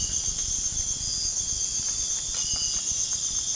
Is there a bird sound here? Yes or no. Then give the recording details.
no. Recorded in pastures near Puerto Asís, Putumayo, Colombia, on 30 June 2025 at 04:30. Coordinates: 0.466, -76.322. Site GP07